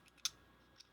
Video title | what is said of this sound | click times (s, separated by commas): K&F Concept Magnetic ND Polarized Filters Set for DJI Osmo Pocket 3 Creator Combo | and these just go on like that they just snap right into place uh and they're pretty | 0.2 s